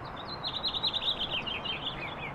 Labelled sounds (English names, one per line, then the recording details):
House Finch song
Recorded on Long Island, New York, on 15 April 2011
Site HE
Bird A